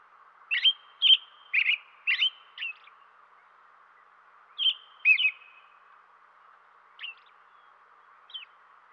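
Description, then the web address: American robin chirping in short bursts of sharp, clipped notes with slurred whistled starts, a busy series early, a shorter burst, then sparser single chips after a pause. Western North America. "Dan Gibson Wildlife Identification By Sound, Western North America. American Robin"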